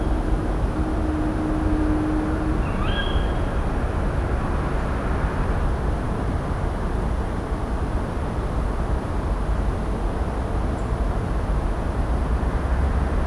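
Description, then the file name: Tawny owl giving a single sharp, upslurred then flat call near the start, with a steady low hum early on and continuous deep rumbling noise throughout. "Strix aluco - Tawny Owl"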